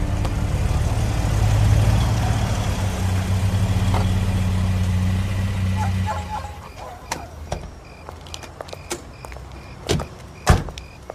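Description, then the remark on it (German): Bob's car drives through the evening streets of Carino Beach with a steady, deep engine rumble for about six seconds, then the motor cuts off, leaving quiet broken by a series of sharp clicks and knocks. “Eine halbe Stunde später saßen sie in Bobs Wagen und fuhren durch die abendlichen Straßen von Carino Beach.”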